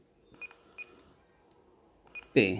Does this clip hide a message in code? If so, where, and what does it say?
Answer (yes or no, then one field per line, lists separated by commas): no